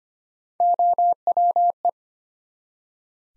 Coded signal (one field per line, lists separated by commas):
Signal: Morse code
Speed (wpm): 25 wpm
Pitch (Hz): 700 Hz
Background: none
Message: OWE